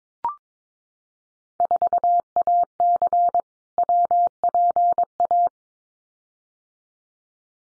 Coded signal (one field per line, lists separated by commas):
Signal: Morse code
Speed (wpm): 22 wpm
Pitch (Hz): 700 Hz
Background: none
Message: 4AC WPA